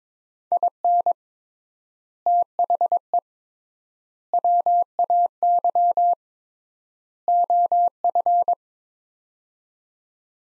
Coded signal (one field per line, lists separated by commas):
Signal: Morse code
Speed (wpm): 22 wpm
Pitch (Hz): 700 Hz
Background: none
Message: IN THE WAY OF